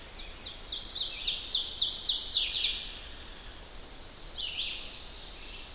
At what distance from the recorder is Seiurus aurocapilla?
about 45 m